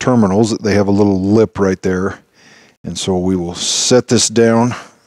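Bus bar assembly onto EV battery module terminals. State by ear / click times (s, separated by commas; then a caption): not seated / none. Someone talks while handling the plastic bus bar and voltage-sensing harness assembly, made by Yuzuki, for a 2011 Nissan LEAF battery module. The assembly is held just above the module terminals, where it is meant to snap in place over a small lip. The clip ends before it goes home, and nothing has seated or clicked yet.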